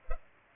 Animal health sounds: mosquito wingbeat signal from an infrared sensor; Culex pipiens

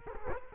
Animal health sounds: mosquito wingbeat signal from an infrared sensor; Culex quinquefasciatus

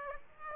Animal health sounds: mosquito wingbeat signal from an infrared sensor; Aedes aegypti

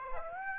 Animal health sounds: mosquito wingbeat signal from an infrared sensor; Aedes aegypti

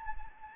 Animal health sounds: mosquito wingbeat signal from an infrared sensor; Anopheles gambiae

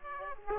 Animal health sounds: mosquito wingbeat signal from an infrared sensor; Aedes aegypti

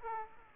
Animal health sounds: mosquito wingbeat signal from an infrared sensor; Aedes aegypti

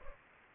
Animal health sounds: mosquito wingbeat signal from an infrared sensor; Aedes aegypti

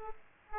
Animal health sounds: mosquito wingbeat signal from an infrared sensor; Aedes aegypti

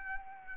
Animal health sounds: mosquito wingbeat signal from an infrared sensor; Anopheles arabiensis

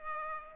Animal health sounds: mosquito wingbeat signal from an infrared sensor; Culex pipiens

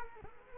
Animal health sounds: mosquito wingbeat signal from an infrared sensor; Culex quinquefasciatus

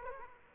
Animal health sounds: mosquito wingbeat signal from an infrared sensor; Aedes aegypti

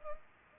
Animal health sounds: mosquito wingbeat signal from an infrared sensor; Culex pipiens

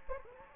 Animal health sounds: mosquito wingbeat signal from an infrared sensor; Anopheles gambiae

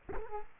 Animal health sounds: mosquito wingbeat signal from an infrared sensor; Culex quinquefasciatus

